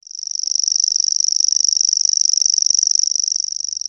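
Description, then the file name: Common grasshopper warbler reeling song: a high, insect-like trill held on one pitch, fading in at the start then steady and continuous throughout. "PENSASSIRKKALINTU"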